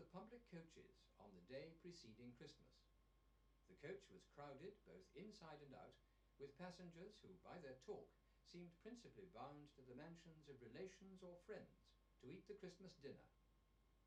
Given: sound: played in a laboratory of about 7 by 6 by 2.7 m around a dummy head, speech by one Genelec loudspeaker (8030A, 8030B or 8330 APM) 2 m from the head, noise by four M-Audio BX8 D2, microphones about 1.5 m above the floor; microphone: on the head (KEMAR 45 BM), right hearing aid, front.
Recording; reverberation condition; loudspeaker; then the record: male speech in English; low; 30 degrees to the left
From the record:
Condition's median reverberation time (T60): about 310 ms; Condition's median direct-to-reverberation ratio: about 3.5 dB